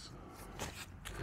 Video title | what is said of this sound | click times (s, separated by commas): Best Camping Chairs | you want to pull it all the way back until it clicks | 1.1 s